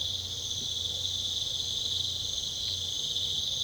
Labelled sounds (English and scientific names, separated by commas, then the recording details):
none
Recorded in pastures near Puerto Asís, Putumayo, Colombia, on 22 December 2024 at 22:00
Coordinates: 0.486, -76.323
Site GP01